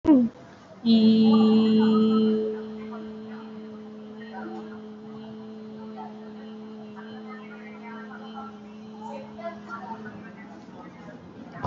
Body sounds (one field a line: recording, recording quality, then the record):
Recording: sustained vowel as in beet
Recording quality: excellent, no background noise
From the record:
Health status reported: COVID-19 positive, mild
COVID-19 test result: positive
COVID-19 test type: RT-PCR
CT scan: not taken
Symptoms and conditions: cough, loss of smell and taste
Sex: female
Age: 32 years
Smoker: no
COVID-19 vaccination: one dose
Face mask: worn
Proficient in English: yes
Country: India